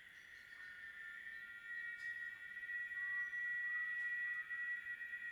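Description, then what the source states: Cicadas droning in a continuous high buzzing chorus that grows louder midway, with a faint rising whistle and scattered clicks. Late-afternoon rural ambience; cicada chorus rises and falls, with crickets and birds.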